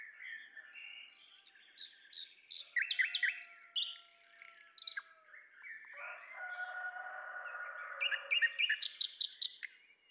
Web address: pub SETE data Luscinia megarhynchos